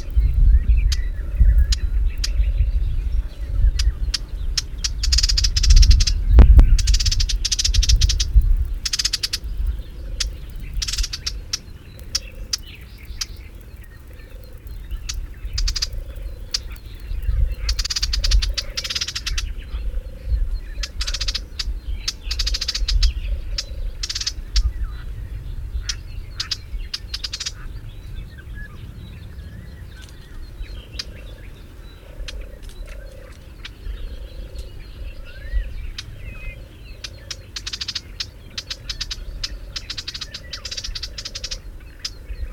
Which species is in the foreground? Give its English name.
Eastern Olivaceous Warbler